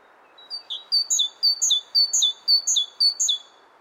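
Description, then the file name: Great tit singing a high, ringing two-note phrase repeated about twice a second, roughly six times, over a faint steady hiss. "Parus major"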